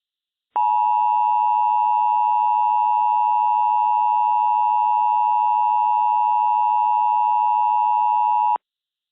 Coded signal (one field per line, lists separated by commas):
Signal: Emergency Alert System (SAME) tones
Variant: 853 and 960 Hz attention tone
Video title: EAS Mock Up #14 - Recreation: Child Abduction Emergency Wisconsin 8/5/21